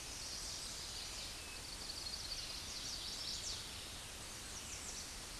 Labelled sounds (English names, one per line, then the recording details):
Chestnut-sided Warbler song
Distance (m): 60 m
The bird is about 15 m above the microphone
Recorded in a Pennsylvania forest on 16 May 2024 at 09:02
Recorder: AudioMoth, point MSD-0827
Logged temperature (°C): 12.1 °C
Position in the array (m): 173 m, 218 m